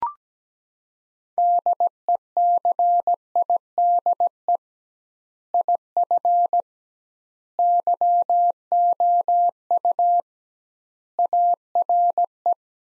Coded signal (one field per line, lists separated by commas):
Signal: Morse code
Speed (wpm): 17 wpm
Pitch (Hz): 700 Hz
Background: none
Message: DECIDE IF YOU ARE